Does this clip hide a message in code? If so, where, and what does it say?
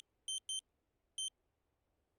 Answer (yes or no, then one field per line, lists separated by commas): no